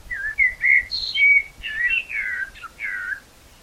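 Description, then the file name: Common blackbird singing a continuous run of warbled, whistled phrases that rise and fall, with a brief high note near the middle. "Turdus merula"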